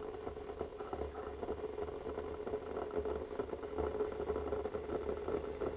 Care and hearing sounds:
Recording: daily activity, microphone in the room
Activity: make coffee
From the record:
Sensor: 4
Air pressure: 1010.2 hPa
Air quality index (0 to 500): 180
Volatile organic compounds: 5 ppm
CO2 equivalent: 1826 ppm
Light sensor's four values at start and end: 28/84/33/33 and 28/83/33/32

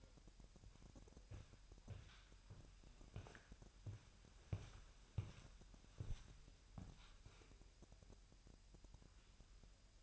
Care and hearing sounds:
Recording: daily activity, microphone in the room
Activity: walk to room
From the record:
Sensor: 2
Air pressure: 1001.8 hPa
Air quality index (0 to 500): 247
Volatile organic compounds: 34 ppm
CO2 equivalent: 3043 ppm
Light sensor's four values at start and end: 7/17/7/7 and 6/15/6/6

